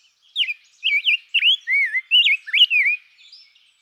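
Rose-breasted grosbeak song: a continuous string of sweet, rising and falling whistled notes, lasting about three seconds.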